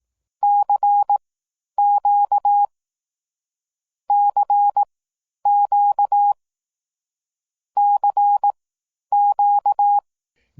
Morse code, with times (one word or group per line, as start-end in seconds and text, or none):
0.4-2.6 CQ
4.1-6.3 CQ
7.8-10.0 CQ